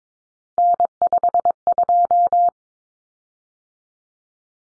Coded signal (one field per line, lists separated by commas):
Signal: Morse code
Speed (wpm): 22 wpm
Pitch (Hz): 700 Hz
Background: none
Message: N52